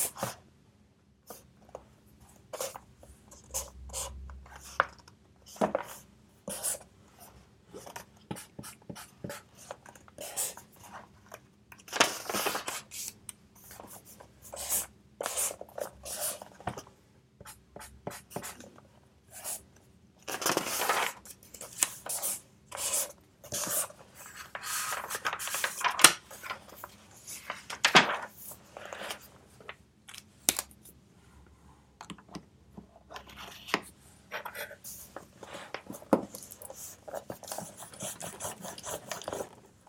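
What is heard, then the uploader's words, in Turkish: A pencil scratches across paper in short, irregular strokes and taps, some bright and crisp, others soft rubs, coming close together for most of the forty seconds. Beneath it runs a low, steady hum of a quiet room. Sessiz odada 25 dakika boyunca kurşun kalem ile ders çalışma; ortam sesleri, beyaz gürültü alt yapısı, kurşun kalem.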